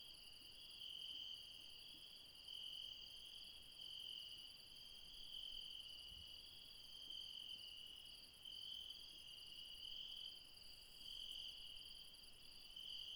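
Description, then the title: Insects chirp in a shrill high chorus whose loudness swells and dips unevenly, a steady high trill beneath it. Late night in the mountains at Refuge Krevatia, Barbala, near Dion, Greece. "Refuge Krevatia, Μπαρμπαλά, Dion 601 00, Greece - Late night mountain insects"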